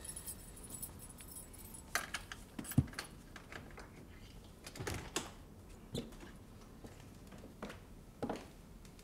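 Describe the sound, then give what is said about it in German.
A bunch of keys jingles and clinks in irregular bursts, bright metallic rattles with sharper knocks scattered through, moderately quiet, with no voices. “Na, wo ist denn der Schlüssel?”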